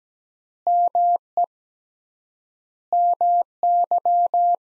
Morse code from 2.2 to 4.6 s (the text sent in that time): MY